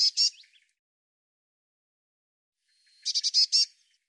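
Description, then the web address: Bird calls: two quick buzzy bursts at the start, then after a silence a fast run of five harsh, high buzzy notes. "cianscape birddata Deverinetal 2025 File cleaned normalized Bird Cy Ca"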